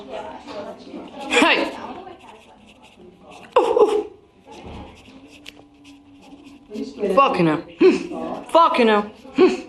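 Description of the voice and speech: A teenage boy in class at school blurts out involuntary vocal tics of Tourette syndrome: a sudden "Hey," then, after a quiet gap, "Fucking hell, fucking hell" (coprolalia). His Tourette's began at age 14 with head and arm jerking, then progressed to swearing, a rare symptom.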